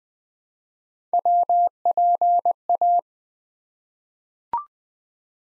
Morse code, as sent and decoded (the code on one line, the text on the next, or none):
.-- .--. .-
WPA